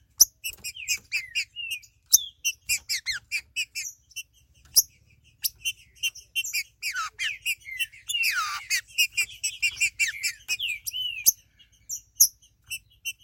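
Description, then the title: Green-winged saltator singing a long run of quick chirps and sliding whistles, building to a dense burst of downslurred notes near the middle. "Trinca Ferro"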